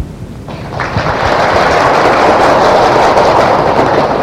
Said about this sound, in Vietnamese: Bây giờ tôi và toàn thể đại hữu cùng nhau vỗ một tràng pháo tay để đón mừng cái sự vượt kết quả đó.